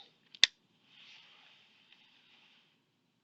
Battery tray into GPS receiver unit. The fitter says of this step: go ahead slide that tray back inside that unit you should hear it click